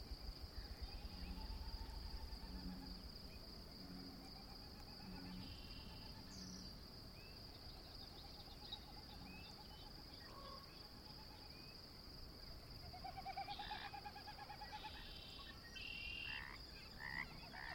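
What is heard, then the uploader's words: A steady, high insect trill rings through the whole scene, joined by lower pulsing calls from more insects or frogs. Short bird chirps and whistles come and go, busiest around the middle and near the end, over a soft low rumble. Bird, insect, mammal, and amphibian sounds and select soundscapes from the Pacific Northwest.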